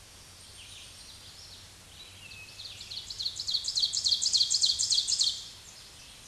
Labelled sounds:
Ovenbird song
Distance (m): 5 m
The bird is about 5 m above the microphone
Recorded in a Pennsylvania forest on 16 May 2024 at 07:06
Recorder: AudioMoth, point MSD-2376
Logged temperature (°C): 16.7 °C
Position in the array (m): 147 m, 6 m

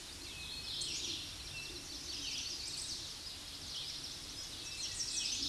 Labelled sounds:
Chestnut-sided Warbler song
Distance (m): 80 m
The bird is about 20 m above the microphone
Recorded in a Pennsylvania forest on 16 May 2024 at 06:46
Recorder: AudioMoth, point MSD-2095
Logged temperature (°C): 16.3 °C
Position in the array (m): 63 m, 66 m

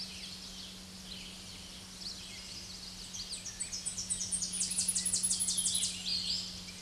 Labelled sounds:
Tennessee Warbler song
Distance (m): 10 m
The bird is about 10 m above the microphone
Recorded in a Pennsylvania forest on 16 May 2024 at 07:57
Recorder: AudioMoth, point MSD-0215
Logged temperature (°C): 16.1 °C
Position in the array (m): 31 m, 128 m

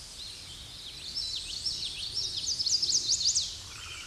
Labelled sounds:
Common Yellowthroat song
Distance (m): 25 m
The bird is about 5 m below the microphone
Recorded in a Pennsylvania forest on 16 May 2024 at 07:04
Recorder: AudioMoth, point MSD-2110
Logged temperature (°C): 16.4 °C
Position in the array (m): 32 m, 154 m

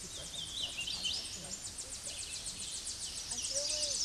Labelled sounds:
Tennessee Warbler song
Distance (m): 40 m
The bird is about 20 m above the microphone
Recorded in a Pennsylvania forest on 16 May 2024 at 08:16
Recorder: AudioMoth, point MSD-2040
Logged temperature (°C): 15.3 °C
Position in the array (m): 65 m, 170 m

